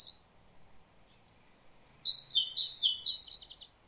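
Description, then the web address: Great tit song: after a few faint chips, one clear burst of three rapid high-low two-note phrases trailing into softer notes. "SETE data Parus major"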